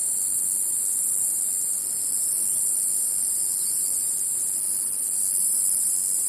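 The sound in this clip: Cicada song, a steady, unbroken high-pitched hiss-like buzz that holds evenly from start to finish with no pauses.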